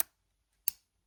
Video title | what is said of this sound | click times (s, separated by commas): The Masters Lazer Screwdriver Nawya Replica | I press down until I hear a nice little click. | 0.7 s